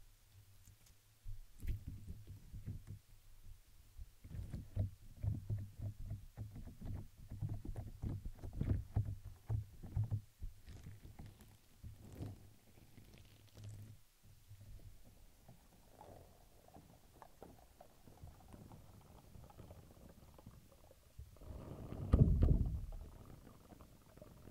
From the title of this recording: Crinkles, Plastic, Brush, Silicone, Glass, Paper